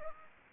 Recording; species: mosquito wingbeat signal from an infrared sensor; Aedes aegypti